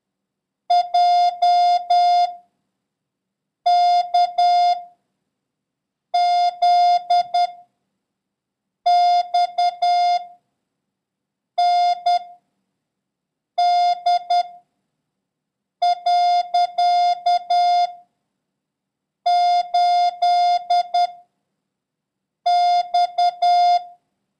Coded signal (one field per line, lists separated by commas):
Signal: Morse code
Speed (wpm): 10 wpm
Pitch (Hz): 710 Hz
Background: none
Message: J K Z X N D . 8 X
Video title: International Morse Code: Lesson 10